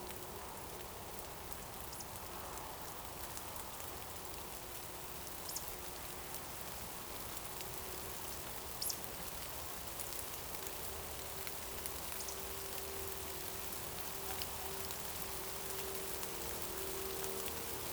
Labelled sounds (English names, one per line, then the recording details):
Eurasian Woodcock
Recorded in Baden-Württemberg, Germany, on 28 June 2020 at 20:02 UTC
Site 43791, 788 m above sea level